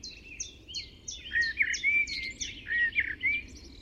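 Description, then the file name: Common blackbird, mellow warbled phrases in the second half, preceded by a run of high, quick downslurred notes repeated several times per second. "Turdus merula"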